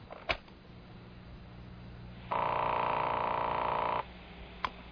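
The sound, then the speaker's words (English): A phone call being placed, played back from a telephone answering tape recording made 10 days earlier: a sharp click, a pause with low hum, then a steady electronic telephone tone lasting under two seconds, followed by another click. No one speaks. “10 days ago, I called her. Here's the call.”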